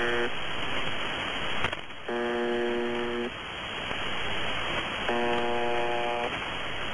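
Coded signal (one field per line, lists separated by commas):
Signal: channel marker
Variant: UVB-76 (The Buzzer)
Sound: two harsh low buzzes, each about a second long, repeating over hissy static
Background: radio static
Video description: MDZhB buzzing like it always fucking does.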